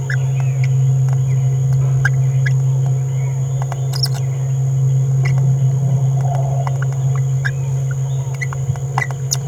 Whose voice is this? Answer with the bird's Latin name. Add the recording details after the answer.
Forpus passerinus. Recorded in a nest box in Venezuela. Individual 18B17A4